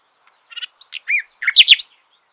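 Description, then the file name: Common nightingale song: a brief, varied phrase of rich chirps and rising and falling whistled notes over about one and a half seconds, with no other sounds. "Luscinia megarhynchos"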